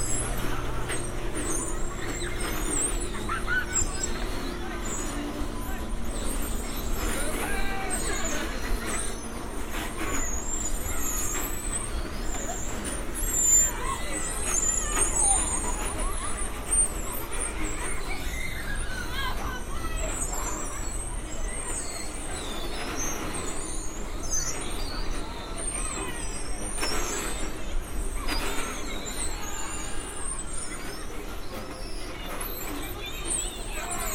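A binaural walk by the pier rides: a dense, steady crowd-and-machinery roar with a low hum underneath. High, bright squeals and metallic chirps flicker constantly overhead, like ride wheels and bumper cars, with faint voices mixed through.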